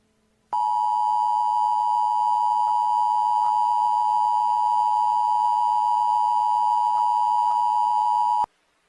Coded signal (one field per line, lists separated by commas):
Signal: Emergency Alert System (SAME) tones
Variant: 853 and 960 Hz attention tone